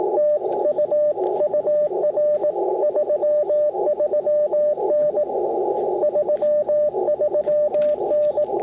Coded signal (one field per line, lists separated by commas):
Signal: Morse code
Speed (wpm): 20 wpm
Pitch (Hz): 590 Hz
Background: radio noise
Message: TU UR 33N 33N